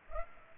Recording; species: mosquito wingbeat signal from an infrared sensor; Culex pipiens